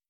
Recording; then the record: hydrophone in a shrimp aquaculture tank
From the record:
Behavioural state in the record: feeding